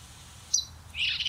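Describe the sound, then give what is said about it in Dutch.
A bluethroat mimicking green frog and great tit calls: one brief, thin high note, then a louder raspy, buzzy phrase that runs to the end, over a faint low rumble with no talking. “En toen ben ik hem gaan opnemen, omdat ik ook hoorde dat hij daarna een koolmees nadeed.”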